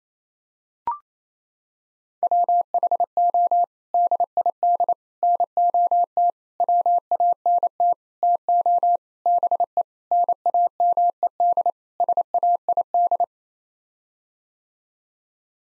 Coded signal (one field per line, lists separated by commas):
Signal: Morse code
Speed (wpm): 28 wpm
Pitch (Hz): 700 Hz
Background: none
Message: WHO DID NOT WANT TO BE NAMED SAID